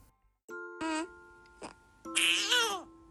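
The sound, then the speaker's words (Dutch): A baby girl a few weeks old, lying in her crib, babbles in a few short bursts: two brief, bright coos, then a longer sing-song vocalization that rises and falls in pitch, with a faint steady hum underneath. “Dit is …. Een baby met grote ogen en prachtige lange wimpers.”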